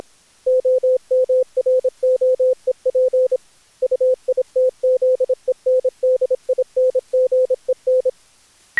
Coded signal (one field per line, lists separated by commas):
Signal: Morse code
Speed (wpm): 28 wpm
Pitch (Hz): 510 Hz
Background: none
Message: OMROEP UITZENDINGEN